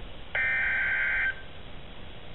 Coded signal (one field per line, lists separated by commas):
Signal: Emergency Alert System (SAME) tones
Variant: header bursts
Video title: NOAA Weather Radio - EAS #52 - Tornado Warning - 4-26-11